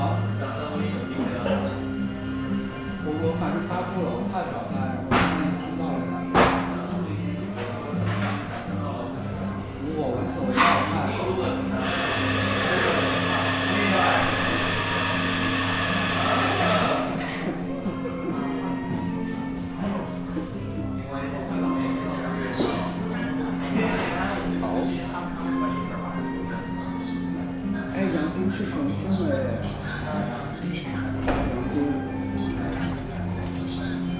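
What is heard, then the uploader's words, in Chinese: Sitting in a café: a steady low hum runs throughout beneath murmured voices and frequent clinks and clatters of cups and dishes. From about 12 to 17 seconds a loud, even hiss, like a steam wand, rises over everything, then stops. 坐在咖啡馆有点开心｜城市声音。北京地坛旁边 没有特地录说话声。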